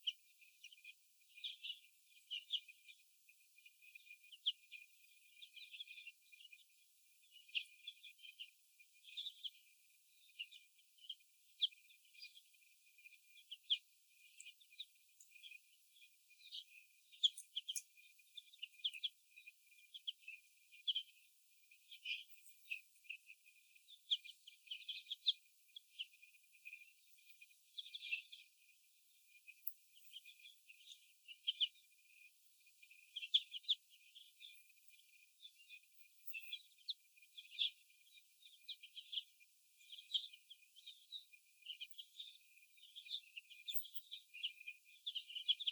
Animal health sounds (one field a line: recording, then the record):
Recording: young laying hens in a cage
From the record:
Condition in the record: before the stressor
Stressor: sudden umbrella opening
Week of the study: 2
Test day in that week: 1